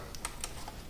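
Spark plug wire terminals on a Dodge Neon are pressed onto the ignition coil towers during a wire replacement. A faint tick at about 0.2 s is followed by sharp clicks at 0.3 s and 0.4 s. The wires are clipped on good and tight.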